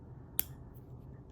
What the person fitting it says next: really nice little satisfying click and it won't pop out on its own